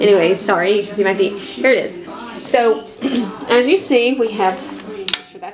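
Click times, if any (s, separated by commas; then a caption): 5.1 s. Someone talks while a plastic part of a Swiffer cordless sweeper vacuum, likely the dust cup or handle section, is pushed onto the vacuum body. Two short, sharp clicks come at 5.1 s and 5.1 s as the part snaps into place and is seated.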